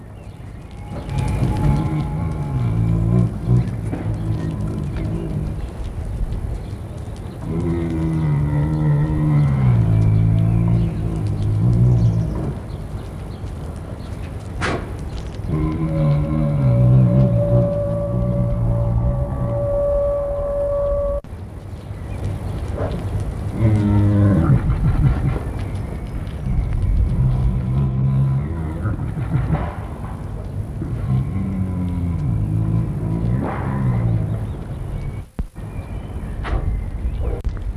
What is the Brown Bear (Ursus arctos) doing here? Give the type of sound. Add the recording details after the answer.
call. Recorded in captivity. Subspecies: middendorffi. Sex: female. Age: adult. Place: Zoo Rostock, Mecklenburg-Vorpommern, DE. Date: 1962-05-04 14:00. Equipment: Minifon, Kopie Smaragd. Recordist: Tembrock, Günter. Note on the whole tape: Kodiakbär, Weibchen: seit Tagen in der Anlage, zeigt starke Fluchttendenzen vor jüngeren Tieren: läuft stereotyp an einer Seite hin und her, dabei Hecheln; bei Annäherung anderer Brummen, rhythmische Lautfolgen, Schnaufen und Stoßlaute